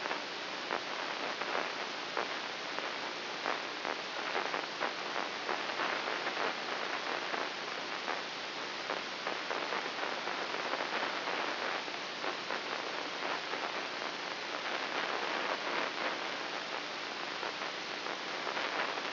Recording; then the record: brain microelectrode recording played as sound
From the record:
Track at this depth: inside the subthalamic nucleus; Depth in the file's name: 1.605 mm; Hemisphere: right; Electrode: 3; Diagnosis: Parkinson's disease